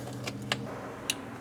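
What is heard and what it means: A removed plastic vehicle connector from a 2010–2019 Toyota 4Runner is pushed into the mating connector of a plug-and-play remote-start harness. Over a low steady hum, a faint tick comes at 0.3 s, then two sharp clicks at 0.5 s and 1.1 s as the connector seats.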